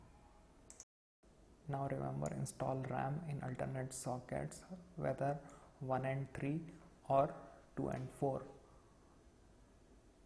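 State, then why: Not seated. A RAM module is lined up with the notch of a motherboard DIMM slot before being pushed in, with only quiet rustling and two brief faint ticks near 0.7 s and 0.8 s. A man then talks over the rest of the clip. The module has not seated or clicked yet.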